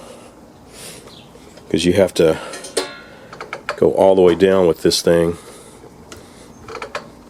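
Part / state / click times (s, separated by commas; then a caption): drive engagement lever latching on a brush trimmer/mower handle / seated / 7.0 s. Someone talks while pushing the drive/belt engagement lever on an old DR walk-behind brush trimmer all the way down on its handle, with scattered mechanical clicks and rattles along the way. A short cluster of clicks ends with a sharp click at 7.0 s as the lever latches and locks into place, seated.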